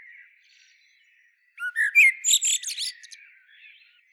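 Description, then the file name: Common blackbird singing one phrase, a brief low whistle then a rush of mellow warbles and high squeaky twitters, with faint birdsong in the background. "Turdus merula"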